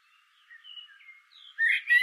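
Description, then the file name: Common blackbird giving soft, thin whistled notes that build into a louder, richer warble with a squeaky finish. "Turdus merula"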